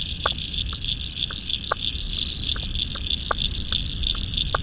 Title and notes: Spring) Frog Chorus At Dusk By The South Pacific Ocean. royal national park, australia november, 2015